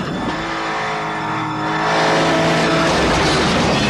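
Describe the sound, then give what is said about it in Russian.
Car engines roar at high speed along a road running up and down hills, the cars jumping and briefly flying over a hill before landing back on the highway; a steady harmonic drone that rises and grows louder partway through, with rushing road and tire noise and no voices. “На одном из холмов на большой скорости машины подскакивают.”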